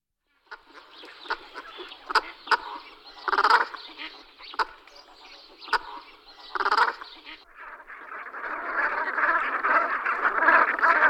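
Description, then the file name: Brant goose calls, separate hoarse, nasal honks at irregular intervals at first, then building into a steady overlapping flock chatter toward the end. "Berneska tmava Branta bernicla"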